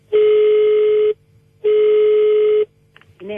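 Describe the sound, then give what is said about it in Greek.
Two long, steady telephone line tones, each about a second, hum at a low-mid pitch with a pause between them as a call is placed to a listener, then a few brief clicks as a voice begins to speak. “Για πάρε μου τηλέφωνο να βρούμε κάποιον, τον ακροατή μου ψάχνω να βρω.”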